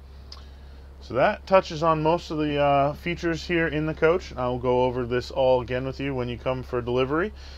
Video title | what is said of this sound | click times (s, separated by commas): 2020 AIRSTREAM ATLAS - Video tour | and then we just press that down and it locks in place for travel down the road | 0.3 s